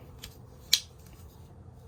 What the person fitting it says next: Still got the snap to it.